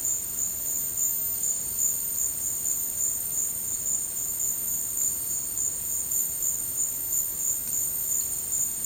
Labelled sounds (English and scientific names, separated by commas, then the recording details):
none
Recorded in dense forest near Puerto Asís, Putumayo, Colombia, on 24 March 2025 at 14:30
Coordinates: 0.485, -76.318
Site G056